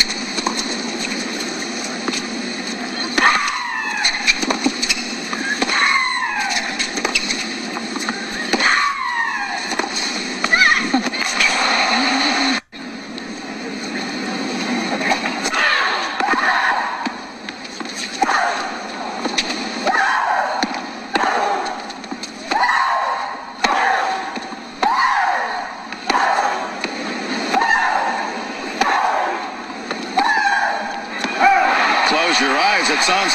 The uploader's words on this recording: Women's Tennis Cries. Audio samples from women's tennis.